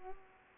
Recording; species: mosquito wingbeat signal from an infrared sensor; Culex pipiens